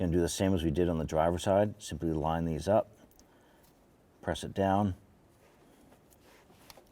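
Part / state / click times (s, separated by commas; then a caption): harness connector onto fuel injector / seated / 6.7 s. While replacing the MDS solenoid on a 2011-2018 Ram 1500, someone talks as the passenger-side bank fuel injector harness connector is lined up and pressed down onto the fuel injector. After a quiet stretch with faint small clicks, the connector locks in with a sharp click at 6.7 s, and it is seated.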